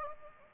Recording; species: mosquito wingbeat signal from an infrared sensor; Anopheles gambiae